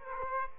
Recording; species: mosquito wingbeat signal from an infrared sensor; Aedes aegypti